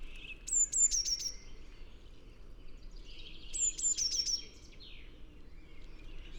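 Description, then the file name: Eurasian blue tit calling twice, each phrase a pair of high thin notes dropping into a short run of lower notes, over quiet background chirps. "Cyanistes caeruleus"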